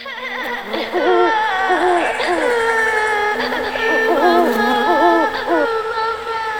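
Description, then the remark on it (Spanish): An abandoned baby, wrapped in lianas and vines, cries steadily for several seconds. Its wavering, high-pitched wails rise and fall in loud, continuous sobs over a low, constant hum. “Cuando las madres, guiadas por el llanto, finalmente los encuentran, los niños están mudos, atontados, presos del encantamiento del Yacyateré.”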